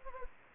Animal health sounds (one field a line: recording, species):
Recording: mosquito wingbeat signal from an infrared sensor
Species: Anopheles gambiae